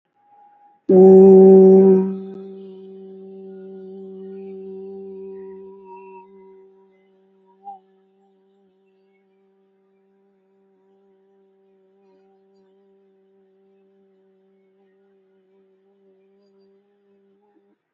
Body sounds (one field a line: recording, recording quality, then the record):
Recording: sustained vowel as in boot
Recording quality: excellent, no background noise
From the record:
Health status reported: healthy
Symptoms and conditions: none ticked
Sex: female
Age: 32 years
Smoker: not ticked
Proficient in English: yes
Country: India